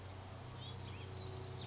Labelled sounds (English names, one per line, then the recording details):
California Towhee
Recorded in Sonoma County, California